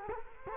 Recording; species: mosquito wingbeat signal from an infrared sensor; Culex quinquefasciatus